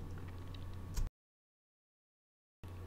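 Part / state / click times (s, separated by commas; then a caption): metal push-pin on a cot extension leg into the bunk frame tube / not seated / none. A bunk extension leg with a metal spring push-pin is handled at the frame tube of a Camo-O-Bunk XL cot after the rubber foot has been removed. Light ticks and taps ride over a steady low hum, with a louder bump near 1.0 s, then the sound drops out completely until about 2.6 s, when the hum returns. Nothing has seated or clicked yet; the push-pin has not snapped into its hole.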